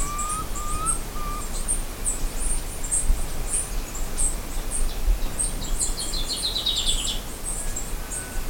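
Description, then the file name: Bird calls: a few brief whistles at the start, scattered high-pitched chirps, and a quick buzzy trill later on, over low rumbling background noise. "SABIOD 50 bird 2015"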